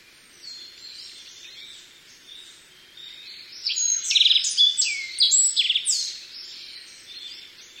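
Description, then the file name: Black-faced bunting song: after faint opening notes, a loud quick phrase of varied high whistles, sliding notes and short buzzy trills lasting about two and a half seconds, then quieter notes. "aoji"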